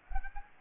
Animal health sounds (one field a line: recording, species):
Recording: mosquito wingbeat signal from an infrared sensor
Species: Aedes aegypti